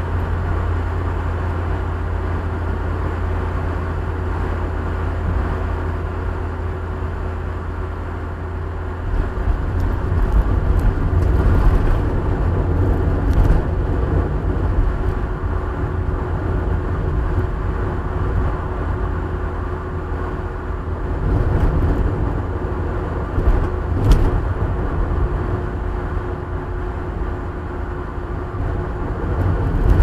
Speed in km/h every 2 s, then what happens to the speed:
86, 84, 83, 84, 84, 84, 83, 83, 82, 82, 82, 82, 81, 80, 79.
0-30 steady at about 83.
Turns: none.